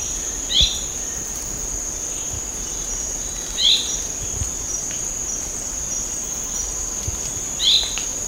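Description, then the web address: Hairy-backed bulbul calls: a short, high chirp repeated three times, a few seconds apart, over a steady, high-pitched insect drone. Recorded at Sepilok on 6 August 2009. "SEPILOK 20090806. hairy-backed bulbul"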